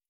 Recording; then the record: hydrophone in a shrimp aquaculture tank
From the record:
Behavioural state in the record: stressed